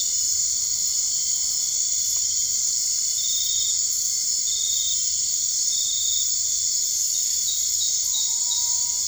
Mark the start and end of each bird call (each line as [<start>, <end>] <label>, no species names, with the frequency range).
[7.86, 9.07] bird call (0.2-1.8 kHz)